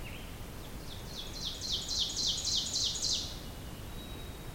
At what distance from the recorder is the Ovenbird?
about 25 m